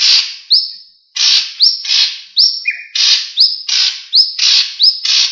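Leafbird song: alternating broad scratchy notes and short upslurred whistles, repeated rapidly, with one lower buzzy note midway.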